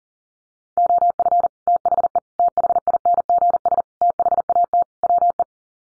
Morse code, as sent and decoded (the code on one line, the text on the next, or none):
--- ..-. / - .... . / - .... .. -. --. ... / - .... .- - / .-- .
OF THE THINGS THAT WE